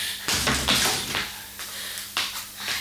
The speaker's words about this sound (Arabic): أريد أن أغلق هذا الباب.